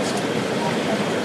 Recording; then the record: background sound without coughing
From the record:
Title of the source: Office Sounds Ambience - Background Noise for Study and Work